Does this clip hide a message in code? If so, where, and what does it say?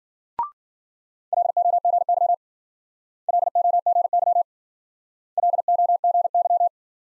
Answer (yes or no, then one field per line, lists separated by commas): yes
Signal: Morse code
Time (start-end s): 1.3-6.7 s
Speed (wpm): 50 wpm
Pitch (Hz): 700 Hz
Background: none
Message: LOGY LOGY LOGY